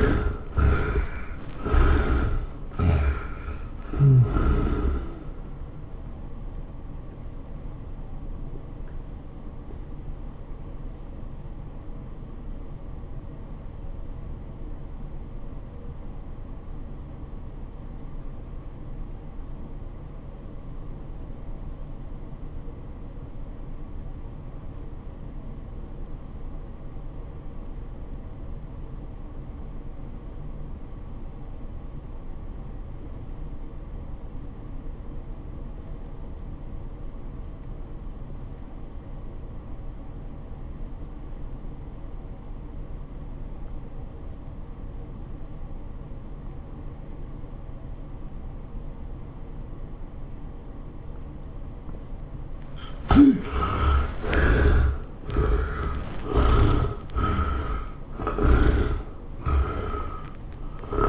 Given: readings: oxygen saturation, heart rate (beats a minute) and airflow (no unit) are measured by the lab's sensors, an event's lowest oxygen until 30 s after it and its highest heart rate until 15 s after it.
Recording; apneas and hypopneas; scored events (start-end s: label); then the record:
breathing in sleep by a smartphone at the bedside; 1
10.00-53.40 s: obstructive apnea (REM, oxygen 95% highest, then 58% lowest, heart rate 100 at the start, 114 highest)
From the record:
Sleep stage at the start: REM sleep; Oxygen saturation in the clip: 61 to 95%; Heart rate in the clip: 59 to 113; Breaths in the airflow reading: 7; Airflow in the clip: -18.9 to 12.9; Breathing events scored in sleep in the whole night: 403 in 5.5 hours asleep